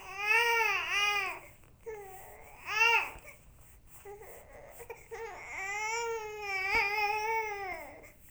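Three or four high-pitched, rising-and-falling wails over about eight seconds, with softer whimpering sounds between them in a small room. This is an infant cry.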